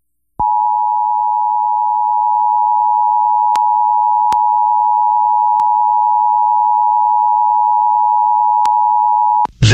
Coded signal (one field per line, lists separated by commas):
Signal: Emergency Alert System (SAME) tones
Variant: 853 and 960 Hz attention tone